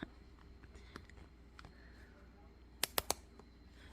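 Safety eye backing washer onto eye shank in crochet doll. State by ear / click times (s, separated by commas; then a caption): seated / 2.8 s, 3.0 s, 3.1 s. A plastic safety eye's backing washer is pushed onto the eye shank through a crocheted doll head. It ratchets down with three sharp clicks at 2.8, 3.0 and 3.1 seconds, after a few faint ticks earlier. The washer is seated.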